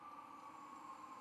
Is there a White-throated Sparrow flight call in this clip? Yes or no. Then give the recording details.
no. No flight call is heard. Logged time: 01:45 on 13 November 2014